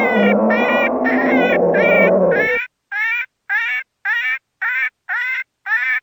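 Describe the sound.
Cottontail rabbit squeals, first masked by a loud rough noisy cry, then clear harmonic calls repeated roughly twice per second.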